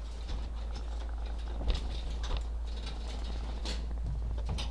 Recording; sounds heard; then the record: poultry house recording; sick chickens (respiratory disease)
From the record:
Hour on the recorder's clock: 16